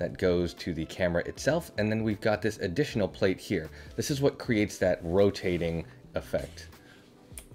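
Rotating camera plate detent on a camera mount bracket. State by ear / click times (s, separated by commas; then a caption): seated / 7.4 s. Someone talks while handling the Ulanzi S-63 rotating camera plate mounted on the bottom of a Sony ZV-E1, with the rotating section of the metal mounting plate turned 90 degrees. A sharp click at 7.4 s marks the plate detenting into its 90-degree position, followed by a faint tick at 7.6 s.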